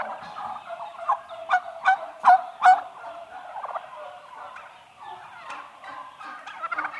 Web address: interior eight month old turkeys mostly hens females close perspective